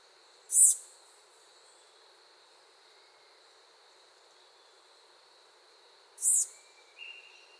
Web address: Birds of the Costa Rican Cloud Forest Call